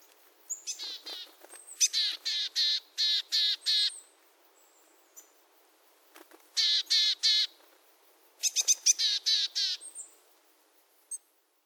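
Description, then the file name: Willow tit calls: bursts of harsh buzzy notes repeated in quick series, with thin high notes between bursts. Recorded at Shirakaba on 9 September 2017. "kogara shirakaba"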